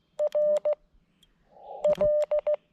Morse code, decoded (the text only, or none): R L